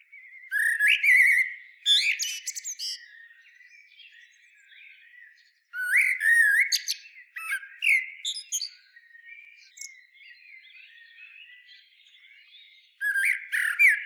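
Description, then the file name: Common blackbird song: two mellow fluted phrases, each a low warble ending in a high squeaky twitter, separated by a quieter pause with soft twittering, then the start of a third phrase. "Turdus merula"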